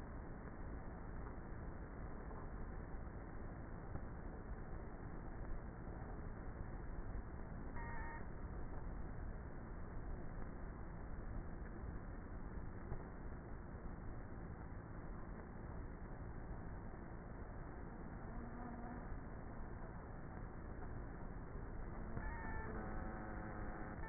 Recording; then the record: honeybee colony, microphone inside the hive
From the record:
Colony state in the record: queenless with a low population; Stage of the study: before two queens were removed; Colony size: about 30,000 bees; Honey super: no